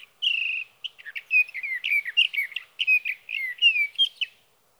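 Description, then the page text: Sage thrasher warbling song opening with a long drawn whistle, then a rapid tumble of varied slurred and buzzy notes. Male singing through the night near his night roost, evening of June 12 to morning of June 15, 2018, Sierra Valley, California; Swift recorder. "61. Sage thrasher songs, through the night."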